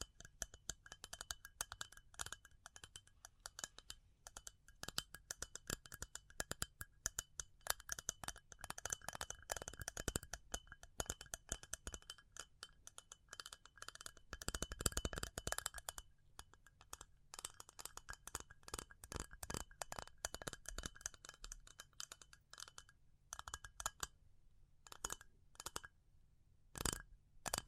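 Fingers tap rapidly on a hard surface, a dense run of sharp, bright clicks with a glassy clink to some. The taps come thick and fast through the first half, with a louder burst near 15 seconds, then thin into sparser, slower strikes with gaps toward the end.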